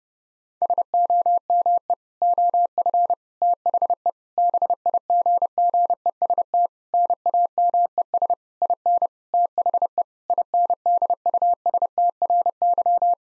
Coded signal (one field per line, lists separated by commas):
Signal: Morse code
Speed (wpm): 30 wpm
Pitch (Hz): 700 Hz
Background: none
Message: SOME OF THE BIGGEST NAMES IN THE INDUSTRY